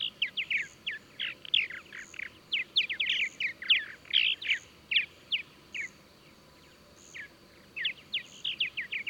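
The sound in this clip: Bird song as a fast, dense stream of clipped chirps, breaking off briefly near the end before resuming, over a steady thin whine and soft recurring pulses.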